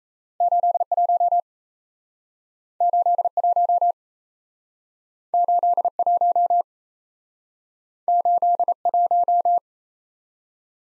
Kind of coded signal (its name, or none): Morse code